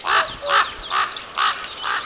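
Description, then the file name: Common raven giving five quick, hoarse croaking calls in even succession about every half second. "kolkrabe"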